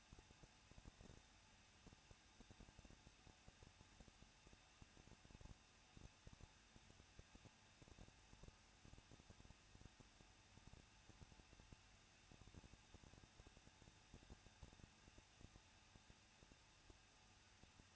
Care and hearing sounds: daily activity, microphone in the room; no activity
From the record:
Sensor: 2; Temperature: 21.0 degrees Celsius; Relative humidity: 37.4%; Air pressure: 1006.2 hPa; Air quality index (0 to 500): 222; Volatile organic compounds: 24 ppm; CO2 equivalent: 2806 ppm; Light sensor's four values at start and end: 2/3/2/2 and 2/3/2/2

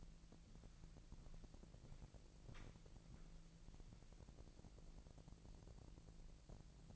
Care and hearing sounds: daily activity, microphone in the room; walk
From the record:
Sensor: 5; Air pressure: 1002.2 hPa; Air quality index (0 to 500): 235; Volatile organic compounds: 25 ppm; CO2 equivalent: 2825 ppm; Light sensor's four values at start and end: 31/74/31/34 and 31/74/31/34

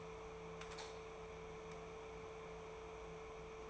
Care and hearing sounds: daily activity, microphone in the room; light on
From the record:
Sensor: 1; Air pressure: 1014.8 hPa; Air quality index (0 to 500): 188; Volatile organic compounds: 19 ppm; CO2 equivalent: 2658 ppm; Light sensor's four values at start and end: 34/85/36/44 and 38/100/41/49

